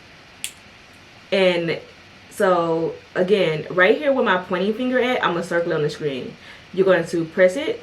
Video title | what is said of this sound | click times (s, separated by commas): Eyelash Applicator.... BUT DOES IT WORK? | and i don't know if you guys heard it click but so i'm gonna do it again i'm gonna close it | 0.4 s